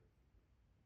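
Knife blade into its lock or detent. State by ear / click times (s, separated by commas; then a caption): not seated / none. A Rike 1902S folding knife is handled as its blade is worked toward its lock or detent, with only a low, steady background murmur and no sharp transient. Nothing has seated or clicked yet.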